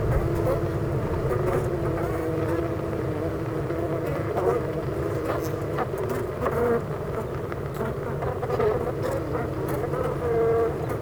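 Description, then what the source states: Honey bee hive giving a thick, unbroken droning hum, with occasional higher bee whines passing over it, clearest around 6.5 and 10.5 seconds. Honey bee hive at Clara Vale, Gateshead, UK.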